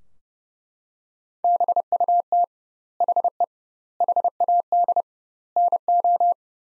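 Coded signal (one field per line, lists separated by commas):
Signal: Morse code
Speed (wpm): 30 wpm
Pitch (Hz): 700 Hz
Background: none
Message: BUT HE HAD NO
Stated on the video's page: Morse practice sentences from the top 100 words at 30 wpm with 2x word-spacing, a Farnsworth-like approach.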